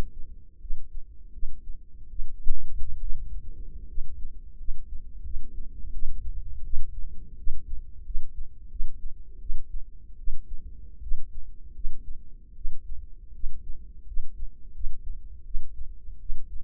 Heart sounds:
heart sounds by microphone in the left ear; 81 bpm
0.59 s: heartbeat
1.32 s: heartbeat
2.09 s: heartbeat
2.99 s: heartbeat
3.87 s: heartbeat
4.57 s: heartbeat
5.23 s: heartbeat
5.92 s: heartbeat
6.63 s: heartbeat
7.37 s: heartbeat
8.04 s: heartbeat
8.69 s: heartbeat
9.40 s: heartbeat
10.17 s: heartbeat
11.01 s: heartbeat
11.74 s: heartbeat
12.55 s: heartbeat
13.33 s: heartbeat
14.06 s: heartbeat
14.73 s: heartbeat
15.44 s: heartbeat
16.19 s: heartbeat
From the record:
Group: healthy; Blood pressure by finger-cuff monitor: 100/51 mmHg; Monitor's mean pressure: 65 mmHg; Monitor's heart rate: 85 bpm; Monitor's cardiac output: 7.6 L/min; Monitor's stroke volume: 95 mL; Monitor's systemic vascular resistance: 600 dyn s/cm5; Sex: female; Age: 22 years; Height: 157 cm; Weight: 47.6 kg

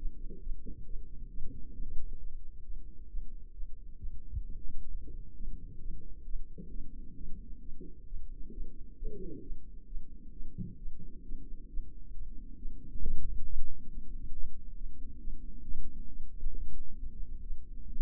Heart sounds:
heart sounds by microphone in the left ear; 134 bpm
0.42 s: heartbeat
0.86 s: heartbeat
1.30 s: heartbeat
1.75 s: heartbeat
2.19 s: heartbeat
2.65 s: heartbeat
3.10 s: heartbeat
3.54 s: heartbeat
3.99 s: heartbeat
4.44 s: heartbeat
4.90 s: heartbeat
5.36 s: heartbeat
5.81 s: heartbeat
6.26 s: heartbeat
6.71 s: heartbeat
7.16 s: heartbeat
7.61 s: heartbeat
8.07 s: heartbeat
8.53 s: heartbeat
8.98 s: heartbeat
9.43 s: heartbeat
9.88 s: heartbeat
10.33 s: heartbeat
10.79 s: heartbeat
11.25 s: heartbeat
11.70 s: heartbeat
12.14 s: heartbeat
12.58 s: heartbeat
13.02 s: heartbeat
13.46 s: heartbeat
13.90 s: heartbeat
14.33 s: heartbeat
14.77 s: heartbeat
15.20 s: heartbeat
15.64 s: heartbeat
16.08 s: heartbeat
16.53 s: heartbeat
16.98 s: heartbeat
17.43 s: heartbeat
17.88 s: heartbeat
From the record:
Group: healthy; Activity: rest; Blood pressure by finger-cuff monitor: 127/75 mmHg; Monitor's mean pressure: 90 mmHg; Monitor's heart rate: 134 bpm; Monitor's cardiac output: 10.9 L/min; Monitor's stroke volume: 82 mL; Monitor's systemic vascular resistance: 590 dyn s/cm5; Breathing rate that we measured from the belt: 22 breaths a minute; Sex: female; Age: 19 years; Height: 163 cm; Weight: 51 kg

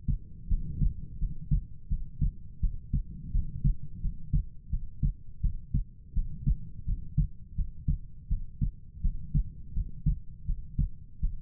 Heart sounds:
heart sounds by stethoscope; 84 bpm
0.48 s: heartbeat
1.18 s: heartbeat
1.88 s: heartbeat
2.60 s: heartbeat
3.31 s: heartbeat
4.00 s: heartbeat
4.70 s: heartbeat
5.41 s: heartbeat
6.13 s: heartbeat
6.85 s: heartbeat
7.55 s: heartbeat
8.28 s: heartbeat
9.01 s: heartbeat
9.73 s: heartbeat
10.45 s: heartbeat
11.20 s: heartbeat
From the record:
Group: healthy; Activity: cold pressor test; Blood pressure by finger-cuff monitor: 75/55 mmHg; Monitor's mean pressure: 63 mmHg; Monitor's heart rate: 83 bpm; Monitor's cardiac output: 6.5 L/min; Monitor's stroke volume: 77 mL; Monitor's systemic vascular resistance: 680 dyn s/cm5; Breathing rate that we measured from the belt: 21 breaths a minute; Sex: female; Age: 19 years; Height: 163 cm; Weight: 48.9 kg

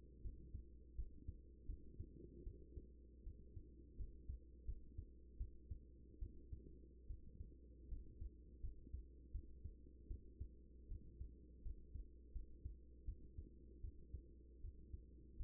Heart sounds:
heart sounds by stethoscope; 79 bpm
0.22 s: heartbeat
0.95 s: heartbeat
1.66 s: heartbeat
2.44 s: heartbeat
3.23 s: heartbeat
3.96 s: heartbeat
4.65 s: heartbeat
5.37 s: heartbeat
6.19 s: heartbeat
7.07 s: heartbeat
7.88 s: heartbeat
8.61 s: heartbeat
9.31 s: heartbeat
10.07 s: heartbeat
10.88 s: heartbeat
11.62 s: heartbeat
12.32 s: heartbeat
13.05 s: heartbeat
13.81 s: heartbeat
14.61 s: heartbeat
15.37 s: heartbeat
From the record:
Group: healthy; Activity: rest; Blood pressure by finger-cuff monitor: 129/65 mmHg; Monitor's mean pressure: 86 mmHg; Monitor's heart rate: 79 bpm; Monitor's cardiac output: 7.3 L/min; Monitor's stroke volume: 90 mL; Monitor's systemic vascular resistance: 830 dyn s/cm5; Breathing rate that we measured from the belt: 16 breaths a minute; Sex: female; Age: 24 years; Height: 163 cm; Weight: 55.7 kg

